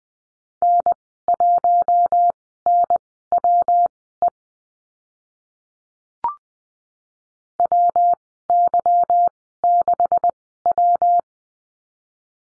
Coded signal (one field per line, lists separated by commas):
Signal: Morse code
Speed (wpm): 20 wpm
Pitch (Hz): 700 Hz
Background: none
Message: N1NWE WY6W